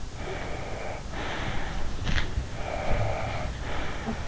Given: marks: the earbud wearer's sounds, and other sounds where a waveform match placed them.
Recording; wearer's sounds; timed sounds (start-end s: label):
sounds in sleep by an in-ear microphone; breath
0.33-1.89 s: breath
2.66-4.28 s: breath